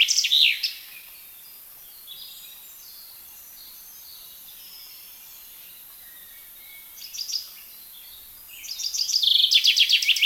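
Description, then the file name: Common chaffinch song: a loud burst of chirps at the start, faint calls through a long quiet stretch with one short louder burst, then another rapid series of sharp notes near the end. "Fringilla coelebs"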